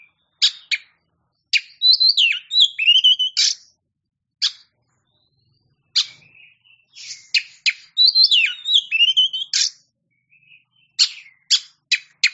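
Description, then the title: Oriental magpie-robin song: sharp high clicks alternating with rich warbled, swooping whistles in two long bursts separated by pauses. A champion-class Oriental magpie-robin (kacer) singing. "Kicau Burung Kacer Juara"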